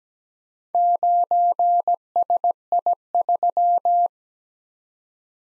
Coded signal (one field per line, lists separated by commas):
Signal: Morse code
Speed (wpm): 17 wpm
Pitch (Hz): 700 Hz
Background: none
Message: 9SI3